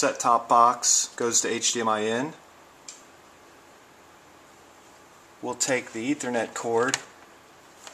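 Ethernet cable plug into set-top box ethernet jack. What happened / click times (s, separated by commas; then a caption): The cable plug is handled but not yet seated / none. Someone talks while picking up an ethernet cable to plug its plastic RJ45 plug into the ethernet jack on a Logitech Revue Google TV set-top box, with a quiet pause and a small tap around 2.9 s and 7.9 s. The plug has not seated or clicked into the jack yet.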